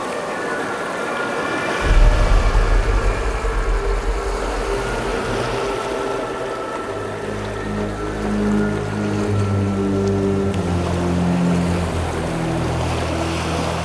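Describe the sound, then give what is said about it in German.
Rough sea waves at Whitby surge and hiss in a storm over a steady low rumble, joined partway through by the deep droning hum of an arriving large ship's engine growing stronger, with no voices. “Whitby, the storm, ship arrives.”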